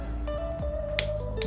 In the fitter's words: that's our click there for 10 new M of torque